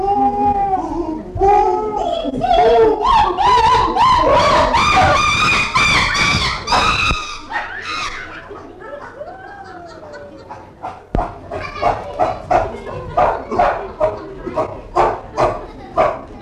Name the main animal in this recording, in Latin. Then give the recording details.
Pan troglodytes. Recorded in captivity. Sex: diverse. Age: juvenile. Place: Tierpark Berlin, Berlin, DE. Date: 1960-09-14 11:30. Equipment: Reporter (Vollspur), Abstand ca. 10 m. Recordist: Tembrock, Günter